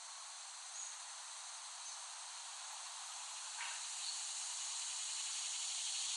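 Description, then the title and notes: Cicadas in a constant high-pitched buzzing chorus that grows slightly louder, with a short scraping sound near the middle. Cicadas recorded in West Brighton, Staten Island, late summer 2008. "The Cicadas of Summer. Recording of cicadas made by Dan Bodah in West Brighton, Staten Island, late summer 2008"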